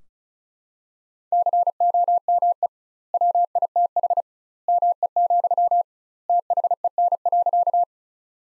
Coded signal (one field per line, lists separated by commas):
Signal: Morse code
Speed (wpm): 36 wpm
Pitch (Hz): 700 Hz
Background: none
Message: COME WITH ME, THEN.